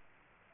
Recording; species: mosquito wingbeat signal from an infrared sensor; Aedes aegypti